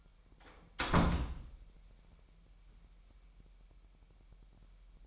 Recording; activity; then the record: daily activity, microphone in the room; close door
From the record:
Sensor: 1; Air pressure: 998.5 hPa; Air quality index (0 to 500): 129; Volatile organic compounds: 4 ppm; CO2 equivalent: 1544 ppm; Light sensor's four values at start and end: 19/64/25/26 and 19/64/26/26